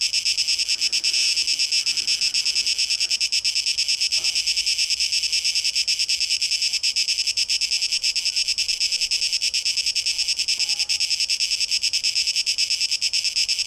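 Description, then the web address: Cicadas keep up a dense high buzzing drone, finely pulsed about three times a second, with a few faint thin notes in the background. Cicadas, recorded 12 August 2023, tape echo mix. "rauschpartikel Audio 2023-08-12 Zikaden"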